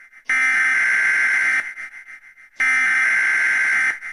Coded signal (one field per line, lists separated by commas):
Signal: Emergency Alert System (SAME) tones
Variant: header bursts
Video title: EAS Scenario - Jennifer Renzetti has been Kidnapped (VHS Version)